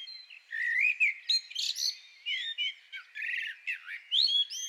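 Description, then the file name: Common blackbird song: fluting warbled phrases broken by squeaky high twitters, several phrases over a few seconds, with no other clear sounds. "Turdus merula"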